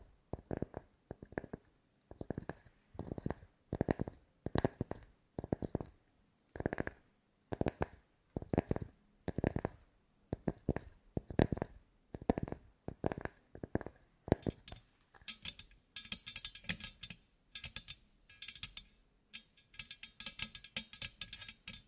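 Tapping in a quick, fairly regular series of short knocks, roughly two or three per second, with solid low thumps through the first fourteen seconds. After that the taps turn brighter and scratchier, clustering in dense bursts with a thin hiss between them.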